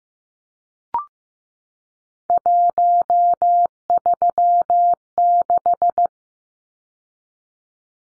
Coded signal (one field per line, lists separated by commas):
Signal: Morse code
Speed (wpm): 15 wpm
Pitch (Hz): 700 Hz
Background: none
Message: 136